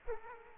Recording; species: mosquito wingbeat signal from an infrared sensor; Culex quinquefasciatus